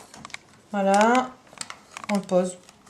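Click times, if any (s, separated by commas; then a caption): none. A plastic row counter is handled as it is set onto the carriage path of a Silver Reed LK150 knitting machine, with a few faint, short ticks of handling near the start while someone talks. Nothing has seated or clicked into place yet.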